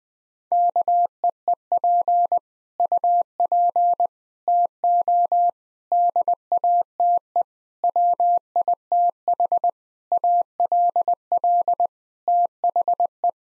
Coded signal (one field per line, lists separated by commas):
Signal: Morse code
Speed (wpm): 20 wpm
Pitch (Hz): 700 Hz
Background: none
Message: KEEP UP TO DATE WITH ALL THE